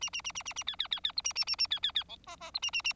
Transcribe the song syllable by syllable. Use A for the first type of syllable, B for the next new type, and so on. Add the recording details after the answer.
A A A A A A B B B B C A A A A B B B D E E C A A A. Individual Bird4